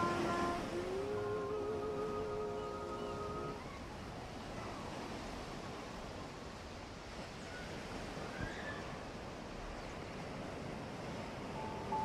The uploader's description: ocean waves w/ birds, seagulls